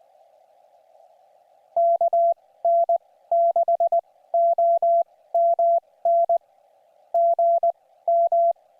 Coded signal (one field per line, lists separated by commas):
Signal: Morse code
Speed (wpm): 20 wpm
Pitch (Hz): 680 Hz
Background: none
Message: KN6OMN GM